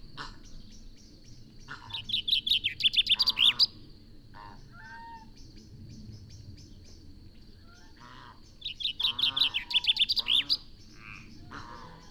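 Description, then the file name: Common chaffinch singing two songs, each a rapid series of bright notes, several seconds apart, with fainter calls between. "Fringilla coelebs"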